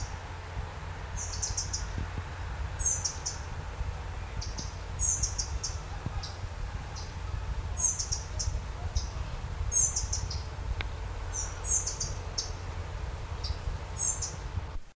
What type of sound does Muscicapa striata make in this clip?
alarm call